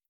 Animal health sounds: hydrophone in a shrimp aquaculture tank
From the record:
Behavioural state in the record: starved

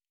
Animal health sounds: hydrophone in a shrimp aquaculture tank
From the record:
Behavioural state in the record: normal

